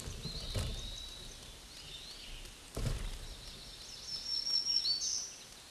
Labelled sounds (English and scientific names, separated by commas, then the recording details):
Black-throated Green Warbler (Setophaga virens) song
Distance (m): 20 m
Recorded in a Pennsylvania forest on 20 May 2023 at 06:24
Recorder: AudioMoth, point grid1_14_low
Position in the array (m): 107 m, 153 m